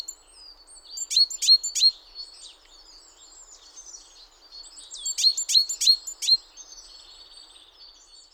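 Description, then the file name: Great tit giving high, clipped, downward-sweeping notes in two quick clusters of three or four, separated by several seconds of soft high twittering. "Parus major"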